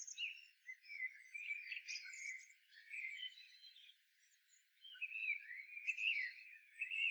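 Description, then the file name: Common blackbird song, soft and rambling, with warbled whistles and high twittering notes at low volume. "Turdus merula"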